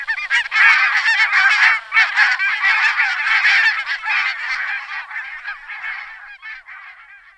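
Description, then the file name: Barnacle goose flock calling, a dense overlapping chorus of high, yapping honks that stays busy throughout and slowly fades toward the end. "berneška-bělolící"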